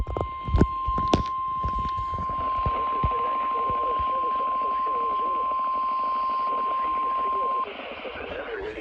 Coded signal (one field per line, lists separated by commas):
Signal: Emergency Alert System (SAME) tones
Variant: 1050 Hz attention tone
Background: speech